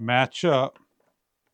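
Someone talks while the plug of the last Maylit 12-inch multi-color under-cabinet LED light bar is lined up by its rounded edge with the socket of the linking cable, followed by a few faint handling sounds around 1.0 to 1.1 seconds. The connector has not seated or snapped in yet.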